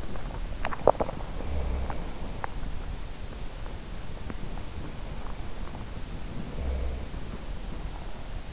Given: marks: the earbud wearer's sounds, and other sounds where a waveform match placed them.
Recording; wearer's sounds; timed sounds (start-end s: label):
sounds in sleep by an in-ear microphone; swallowing, teeth grinding
0.39-1.72 s: swallowing
1.72-2.66 s: teeth grinding